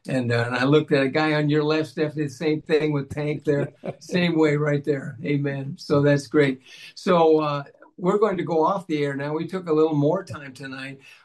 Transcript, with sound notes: and I looked at a guy on your left, Stephanie, the same thing with tank there.
(laughs)
Same way right there. Amen. So that's great. So, uh, we're going to go off the air now. We took a little more time tonight.